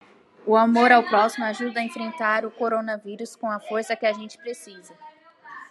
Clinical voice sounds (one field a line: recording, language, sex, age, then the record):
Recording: spoken sentence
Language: Brazilian Portuguese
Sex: female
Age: 20 to 29 years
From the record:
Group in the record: control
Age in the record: 23 years